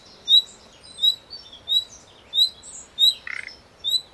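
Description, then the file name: Common nightingale uttering a quick series of high whistles about once every second, with a short grating rattle near the end. "Luscinia megarhynchos"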